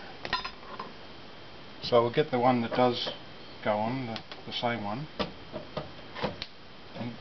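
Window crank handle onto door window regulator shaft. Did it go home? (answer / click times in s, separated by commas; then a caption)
yes / 6.4 s. A replacement window winder handle is pushed onto the door window regulator spline of a 1977 Chevy door until its retaining snap ring engages. Someone talks while light knocks and clicks sound at about 0.3, 0.8 and 5.8 seconds. The handle snaps into place with a sharp click at 6.4 seconds.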